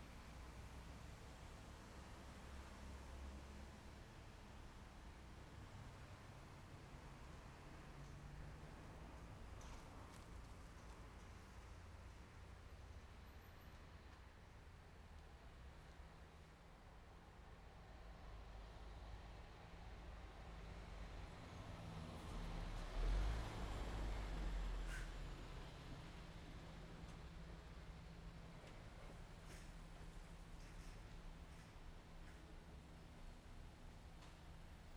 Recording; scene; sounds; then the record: everyday scene through a hearing-aid microphone; in traffic; traffic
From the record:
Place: main road on the outskirts, rush hour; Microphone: behind the ear, left, rear